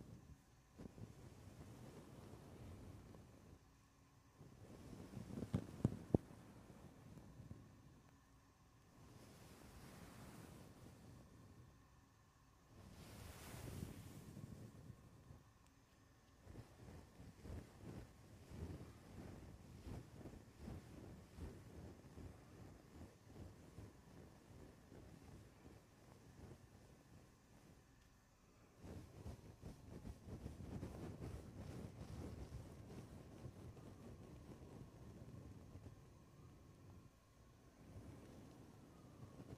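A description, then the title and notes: Wind buffets a microphone tested with a fuzzy cover, a foam cover and bare. The first sixteen seconds bring loud gusty bursts of low rumble with hissy peaks near 6, 10 and 13 seconds, then a steadier, denser rush, and a louder low roar from about 29 seconds. Fuzzy cover, foam cover, bare mic.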